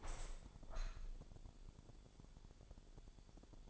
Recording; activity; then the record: daily activity, microphone in the room; open window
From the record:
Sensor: 5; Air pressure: 1000.6 hPa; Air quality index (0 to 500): 148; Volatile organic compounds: 2 ppm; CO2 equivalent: 1138 ppm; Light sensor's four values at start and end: 41/96/40/44 and 41/97/40/44